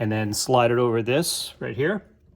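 A man talks while the lower end of an air ride suspension lowering link on a Mercedes-Benz E55 AMG W211 is slid over toward the lower ball stud, with its socket about to be pressed on. Nothing has seated or clicked yet; the clip ends just before the link snaps into place.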